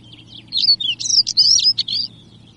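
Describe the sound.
European stonechat giving one brief scratchy, twittering phrase of high chirps and squeaky notes, lasting about one and a half seconds against a quiet background.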